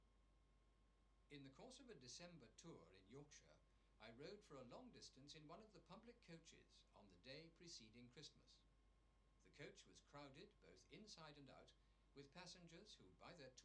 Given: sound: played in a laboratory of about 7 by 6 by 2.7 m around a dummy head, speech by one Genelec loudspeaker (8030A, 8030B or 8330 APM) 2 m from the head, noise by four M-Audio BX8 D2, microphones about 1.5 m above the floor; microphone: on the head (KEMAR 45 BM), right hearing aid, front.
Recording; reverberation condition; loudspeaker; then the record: male speech in English; low; 30 degrees to the right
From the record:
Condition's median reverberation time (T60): about 310 ms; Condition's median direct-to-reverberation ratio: about 3.5 dB